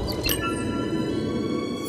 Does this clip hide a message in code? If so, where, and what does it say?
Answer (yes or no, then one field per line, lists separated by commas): no